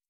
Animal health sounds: hydrophone in a shrimp aquaculture tank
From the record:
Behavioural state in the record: stressed

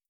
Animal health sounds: hydrophone in a shrimp aquaculture tank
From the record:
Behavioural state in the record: starved

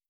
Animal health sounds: hydrophone in a shrimp aquaculture tank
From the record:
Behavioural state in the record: starved

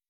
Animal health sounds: hydrophone in a shrimp aquaculture tank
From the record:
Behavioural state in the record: weakened

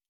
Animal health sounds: hydrophone in a shrimp aquaculture tank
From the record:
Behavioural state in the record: normal

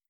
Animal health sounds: hydrophone in a shrimp aquaculture tank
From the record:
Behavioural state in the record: stressed

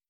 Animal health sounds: hydrophone in a shrimp aquaculture tank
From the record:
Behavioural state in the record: starved

